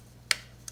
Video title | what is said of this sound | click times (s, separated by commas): New Red Handle Saladacco Spiral Slicer Raw Food Pasta Noodle Maker Review | spiral Cuts so now it's stable and we'll lock in place and you won't have that problem | 0.3 s